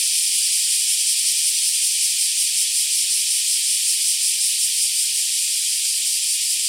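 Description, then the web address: Black cicadas droning in a continuous high, sizzling buzz with a faint pulsing texture, never pausing or changing pitch. More than one black cicada calling. "nature 01 black cicadas"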